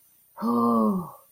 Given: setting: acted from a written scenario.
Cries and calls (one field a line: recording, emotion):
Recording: vocal sound without words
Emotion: relief